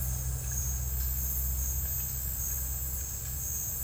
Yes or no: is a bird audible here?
no